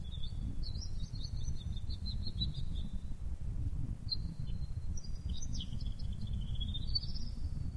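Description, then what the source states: Bird song, two long rapid warbled phrases of high twittering notes, the second rising at its end, against a steady low background hum. Masteran (tutor song for training birds).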